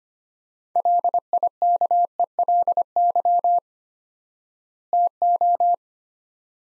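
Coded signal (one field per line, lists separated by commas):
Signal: Morse code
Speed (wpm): 25 wpm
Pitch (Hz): 700 Hz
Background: none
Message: LIKELY TO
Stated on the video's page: Morse practice of two-word sets at 25 wpm with 4x word spacing, a Farnsworth-like method applied to words, for head-copy training.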